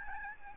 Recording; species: mosquito wingbeat signal from an infrared sensor; Aedes albopictus